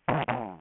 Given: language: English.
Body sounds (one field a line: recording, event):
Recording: throat vibration sensor signal played as sound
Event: throat clearing